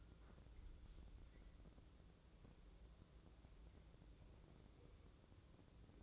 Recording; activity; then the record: daily activity, microphone in the room; wipe stove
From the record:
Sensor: 3